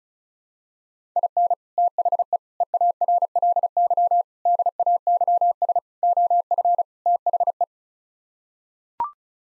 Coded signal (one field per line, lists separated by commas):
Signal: Morse code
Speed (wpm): 34 wpm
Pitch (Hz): 700 Hz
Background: none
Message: IN THE EARLY DAYS OF THE